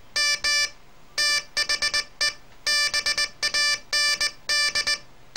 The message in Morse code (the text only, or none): M THE BAND